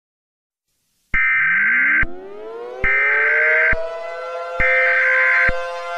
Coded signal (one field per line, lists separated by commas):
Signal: Emergency Alert System (SAME) tones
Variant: header bursts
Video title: ALL OF MY EAS SCENARIOS COMPILATION FROM 2022!!!